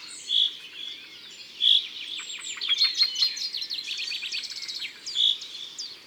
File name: Pinson des arbres ABC des chants doiseaux